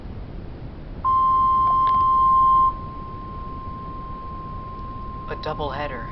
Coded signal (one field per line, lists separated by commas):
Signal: Emergency Alert System (SAME) tones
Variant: 1050 Hz attention tone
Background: speech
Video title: DOUBLE HEADER ALERT TONED EAS